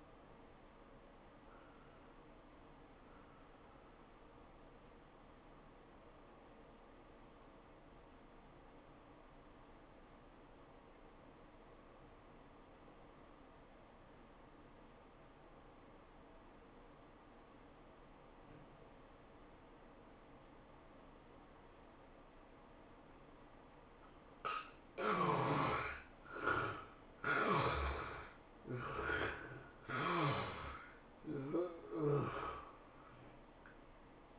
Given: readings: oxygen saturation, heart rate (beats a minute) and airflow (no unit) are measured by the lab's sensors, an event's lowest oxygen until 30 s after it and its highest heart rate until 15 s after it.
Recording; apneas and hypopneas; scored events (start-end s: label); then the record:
breathing in sleep by a voice recorder at the bedside; 1
5.00-25.20 s: obstructive apnea (N1, oxygen 94% highest, then 74% lowest, heart rate 93 at the start, 102 highest)
7.00-34.39 s: new sleep stage, N2 (light sleep)
From the record:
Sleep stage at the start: N1 (lightest sleep); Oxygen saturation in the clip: 68 to 94%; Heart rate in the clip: 80 to 101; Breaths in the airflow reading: 3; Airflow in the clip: -13.2 to 14.3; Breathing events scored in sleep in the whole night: 403 in 5.5 hours asleep